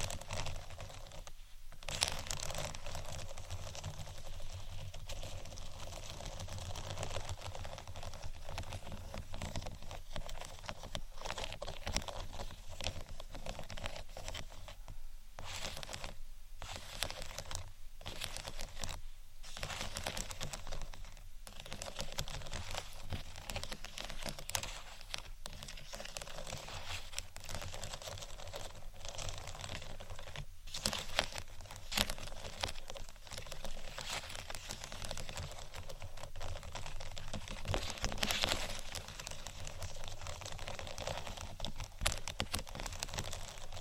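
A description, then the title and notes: ASMR head mic triggers: a continuous stream of soft scratching, crinkling and tapping sounds that fills the full 44 seconds. The texture stays dense and bright, broken by brief near-silent gaps at about 2, 15–21 and 30 seconds, with a low steady hum underneath. ASMR Unique Head Mic Triggers（No Talking）.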